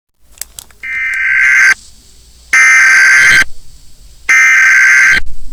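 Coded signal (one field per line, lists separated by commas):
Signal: Emergency Alert System (SAME) tones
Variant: header bursts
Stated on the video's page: Fictional EAS scenario, simulated alert.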